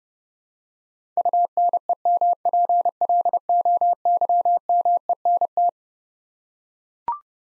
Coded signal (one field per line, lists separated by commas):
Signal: Morse code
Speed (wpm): 30 wpm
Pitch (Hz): 700 Hz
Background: none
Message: UNEMPLOYMENT